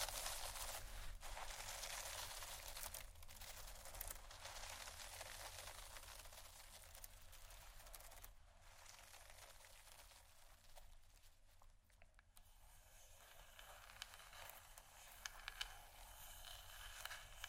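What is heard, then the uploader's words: Textured bags crinkle and rustle continuously, loud at first, quieter and sparser in the middle, then busier again with sharp crackles near the end. ASMR 4 Textured Bags 1 Hour（No Talking）.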